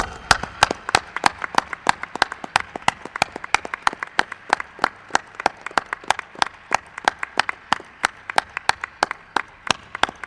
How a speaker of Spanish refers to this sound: estoy seguro que es el aplauso más grande que le han dado a Rosso de Luna